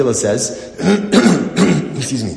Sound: clears throat and cough